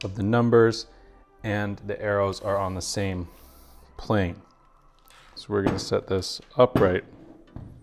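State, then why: Not seated. During assembly of a VanPowers City Vanture e-bike, an unnamed bike component, with its numbers and arrows lined up on the same plane, is handled and set upright so pressure can be applied to press it into its mount. Someone talks through most of the clip, with faint handling ticks around 5.0 s and 7.5 s in the quieter gaps. Nothing has seated or clicked into place yet when the clip ends.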